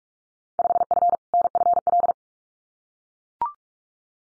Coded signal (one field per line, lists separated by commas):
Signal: Morse code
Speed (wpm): 44 wpm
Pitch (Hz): 700 Hz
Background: none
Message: 5F NFL